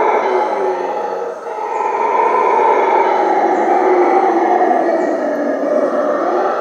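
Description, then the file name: Howler monkey roaring, a brief dip then a long, steady, rasping howl held for several seconds. Heard at midnight. "Frisson de Minuit Singe Hurleur"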